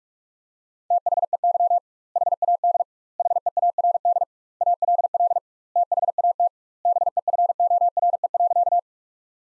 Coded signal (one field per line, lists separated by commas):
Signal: Morse code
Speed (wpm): 41 wpm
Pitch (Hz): 700 Hz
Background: none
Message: THEY HAD HEARD ALL THAT BEFORE.